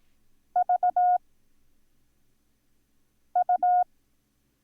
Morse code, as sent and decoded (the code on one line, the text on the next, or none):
...- ..-
VU